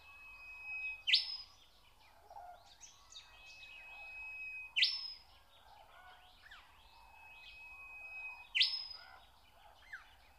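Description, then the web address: Nightingale song: a long thin whistle ends in a loud buzzy rising burst, repeated three times about every four seconds, amid a dense chorus of other birds. Song recorded in spring. "spiew slowika wiosna"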